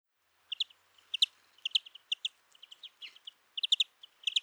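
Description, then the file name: European greenfinch calls: short bright chirps in clusters of two or three notes, spaced irregularly, over a quiet background. "Chloris chloris"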